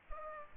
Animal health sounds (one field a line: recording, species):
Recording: mosquito wingbeat signal from an infrared sensor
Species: Culex pipiens